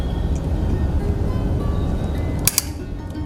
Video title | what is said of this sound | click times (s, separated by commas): EVM (CU,BU,VVPAT) Connection | यह click की आवाज आई है। इसका अर्थ है कि बराबर व्यवस्थित रूप से कनेक्शन हमने कर लिया है। | 2.5 s, 2.6 s